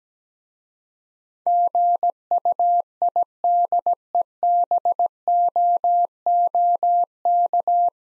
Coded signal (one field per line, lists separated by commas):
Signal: Morse code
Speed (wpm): 17 wpm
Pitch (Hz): 700 Hz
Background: none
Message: GUIDEBOOK